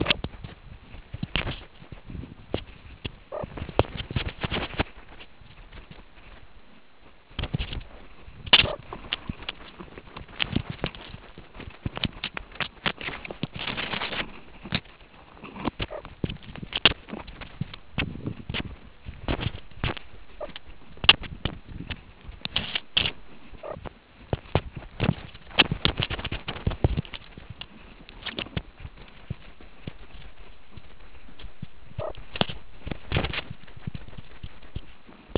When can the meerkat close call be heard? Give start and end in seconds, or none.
0.04-0.16, 3.33-3.45, 8.64-8.75, 15.90-16.01, 20.40-20.47, 23.63-23.76, 31.97-32.11